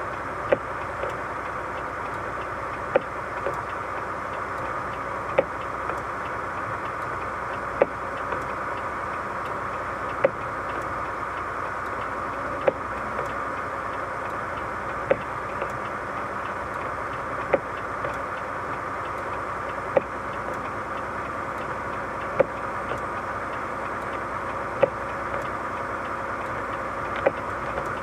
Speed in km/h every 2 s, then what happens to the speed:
40, 40, 40, 40, 41, 40, 41, 40, 40, 40, 40, 40, 40, 41.
0-28 steady at about 40.